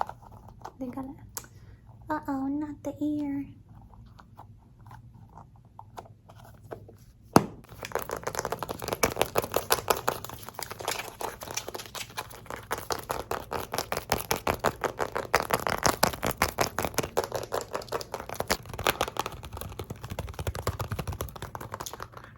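Fast squishy and crinkly triggers. A few seconds of soft voice open the clip, then a sharp snap near seven seconds starts a dense, rapid run of crackling, squelching taps that continues steadily to the end, with a low hum underneath.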